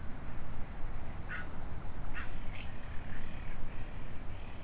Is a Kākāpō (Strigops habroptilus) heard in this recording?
no